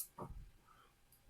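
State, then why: Partly seated. A cam lock fitting in a particleboard cabinet panel joint is turned until tight and then a little further, with a low, muffled rumble around 0.2–0.5 s. Only a very faint, high tick comes at 1.1 s instead of the usual clear click, so the lock barely clicks.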